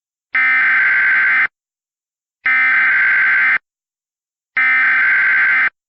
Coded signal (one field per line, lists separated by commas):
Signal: Emergency Alert System (SAME) tones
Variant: header bursts